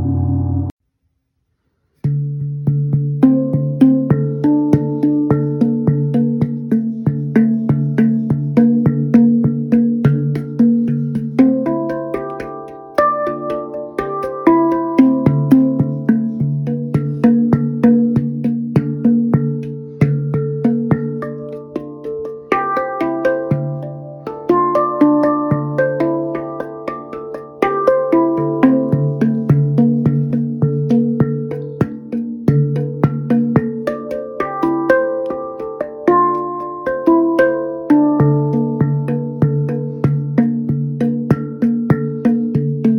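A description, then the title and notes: A gong vibrates in a long, steady hum, its low tones held between about 100 and 500 with higher ringing layers above. After a brief gap near the start, the sound swells and stays dense, its overtones slowly shifting and pulsing without clear strikes. Waking Up to Jupiter Gong Vibration. Expertly played by Sound Alchemist Julie Jewels Smoot on her Jupiter Gong.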